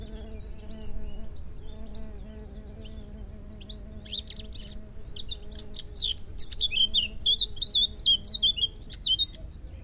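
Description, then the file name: Eurasian blackcap song, a fast scratchy warble of high notes building in the last four seconds, over a steady low hum. "sylvia atricapilla"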